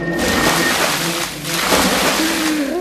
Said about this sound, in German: Mehrere Eimer Wasser ergossen sich über ihn.